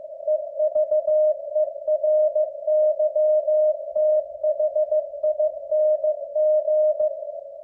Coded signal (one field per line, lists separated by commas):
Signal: Morse code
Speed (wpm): 15 wpm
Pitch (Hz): 610 Hz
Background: none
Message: EVERYTHING